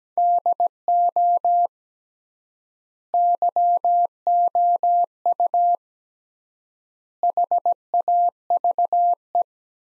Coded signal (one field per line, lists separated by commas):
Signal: Morse code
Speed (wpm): 17 wpm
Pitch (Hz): 700 Hz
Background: none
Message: DO YOU HAVE